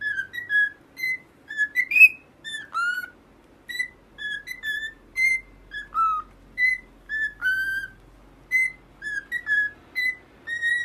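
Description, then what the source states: Cockatiel whistled song, a busy string of clear notes with upward and downward slurs repeated steadily throughout. Several cockatiels singing, whistling.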